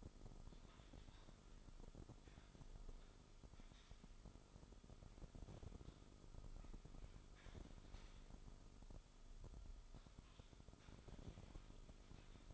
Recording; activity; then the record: daily activity, microphone in the room; typing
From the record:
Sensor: 5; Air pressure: 988.8 hPa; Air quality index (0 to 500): 235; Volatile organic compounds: 193 ppm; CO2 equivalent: 4189 ppm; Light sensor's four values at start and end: 39/124/48/51 and 39/124/48/51